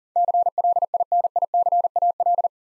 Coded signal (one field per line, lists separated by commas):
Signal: Morse code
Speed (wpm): 40 wpm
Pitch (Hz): 700 Hz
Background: none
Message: CLINICAL